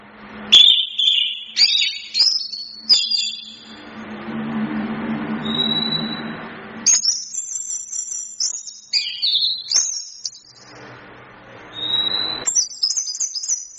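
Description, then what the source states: Chestnut-capped thrush singing sharp, high whistled phrases with slurred notes, pausing twice while a broad hiss fills the gaps. Masteran, a training song used to teach songbirds.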